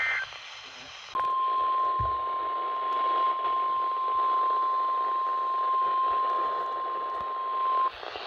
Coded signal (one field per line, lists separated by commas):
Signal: Emergency Alert System (SAME) tones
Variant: 1050 Hz attention tone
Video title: CRAZANITY III: TORNADO OUTBREAK... EAS Alerts from 7/29/21 (EAS #556-577)